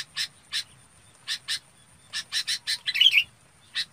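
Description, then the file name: Red-whiskered bulbul flock calls: harsh, scratchy chip notes in pairs and short runs, with a brief twangy whistled phrase near the end; otherwise quiet. "Tieng chao mao bong goi bay"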